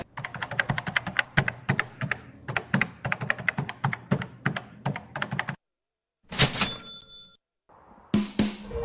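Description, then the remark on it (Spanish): Rapid, uneven typing on a computer keyboard clatters for several seconds, then stops; a short tonal creak of a chair follows, and a brief rustle of paper sheets ends it. No one speaks. “Estoy un poco dispersa, sí, haciendo mucho ruido entre la silla, me hace ruido. La computadora y las hojas.”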